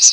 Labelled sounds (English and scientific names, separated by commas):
Chestnut-sided Warbler (Setophaga pensylvanica) flight call